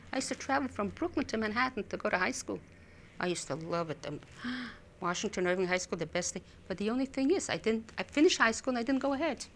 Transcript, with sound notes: I used to travel from Brooklyn to Manhattan to go to high school. I used to love it. (sighs) Washington Irving High School, the best thing. But the only thing is, I didn't -- I finished high school and I didn't go ahead.